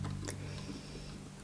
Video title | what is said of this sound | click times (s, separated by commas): Full Kit Volvo Amazon 122s 1/8 IXOcollections etape 60/63 | là on a une petite barre ça rentre parfaitement ici ça se clipse voilà | 0.3 s